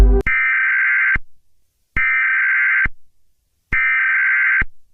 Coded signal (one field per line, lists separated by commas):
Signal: Emergency Alert System (SAME) tones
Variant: header bursts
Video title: (EAS Scenario) Canada Civil War: Oakville vs. Canada